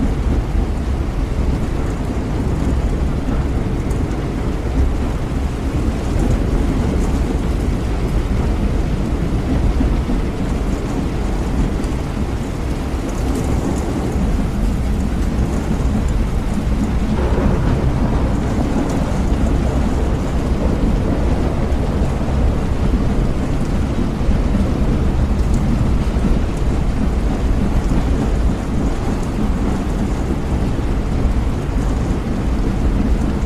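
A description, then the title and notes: Heavy rain mixed with white noise pours down without a break, a dense, even hiss weighted toward a deep, rumbling low end. The level holds steady for the whole stretch, with only small flickers of brighter splashes, such as one near the seventeen-second mark. White Noise Rainy Day Sounds. The heavy sound of rain sounds mixed with white noise.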